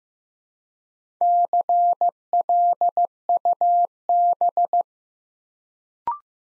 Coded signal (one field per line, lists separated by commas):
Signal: Morse code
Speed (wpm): 15 wpm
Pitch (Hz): 700 Hz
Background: none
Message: CLUB